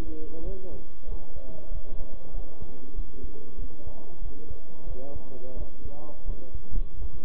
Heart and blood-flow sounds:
heart sounds by stethoscope; between the tricuspid and mitral areas; 92 bpm
0.43 s: heartbeat
1.07 s: heartbeat
1.70 s: heartbeat
2.32 s: heartbeat
2.94 s: heartbeat
3.57 s: heartbeat
4.20 s: heartbeat
4.86 s: heartbeat
5.55 s: heartbeat
6.24 s: heartbeat
6.98 s: heartbeat
From the record:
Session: bicycle stress test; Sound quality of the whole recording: good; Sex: male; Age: 23 years

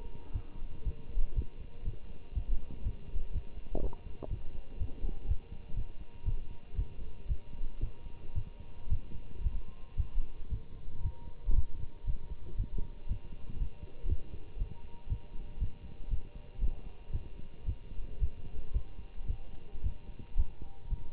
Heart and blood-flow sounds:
heart sounds by stethoscope; between the tricuspid and mitral areas; 117 bpm
0.32 s: heartbeat
0.84 s: heartbeat
1.35 s: heartbeat
1.84 s: heartbeat
2.34 s: heartbeat
2.83 s: heartbeat
3.32 s: heartbeat
3.81 s: heartbeat
4.30 s: heartbeat
4.78 s: heartbeat
5.27 s: heartbeat
5.76 s: heartbeat
6.25 s: heartbeat
6.76 s: heartbeat
7.28 s: heartbeat
7.80 s: heartbeat
8.34 s: heartbeat
8.89 s: heartbeat
9.43 s: heartbeat
9.96 s: heartbeat
10.50 s: heartbeat
11.02 s: heartbeat
11.55 s: heartbeat
12.06 s: heartbeat
12.57 s: heartbeat
13.08 s: heartbeat
13.58 s: heartbeat
14.09 s: heartbeat
14.58 s: heartbeat
15.09 s: heartbeat
15.59 s: heartbeat
16.10 s: heartbeat
16.60 s: heartbeat
17.12 s: heartbeat
17.65 s: heartbeat
18.19 s: heartbeat
18.73 s: heartbeat
19.27 s: heartbeat
19.83 s: heartbeat
20.36 s: heartbeat
20.89 s: heartbeat
From the record:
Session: Bruce protocol treadmill stress test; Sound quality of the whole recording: good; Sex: male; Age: 24 years

